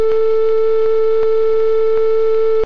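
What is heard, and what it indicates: A single steady, unbroken mid-pitched electronic tone sounds for nearly three seconds, with only faint clicks behind it. This is the continuous monitor alarm of a flatline, signalling no detected heart activity (asystole).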